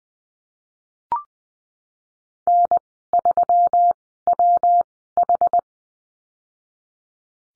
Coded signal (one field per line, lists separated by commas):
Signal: Morse code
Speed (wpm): 20 wpm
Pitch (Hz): 700 Hz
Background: none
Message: N 3 W H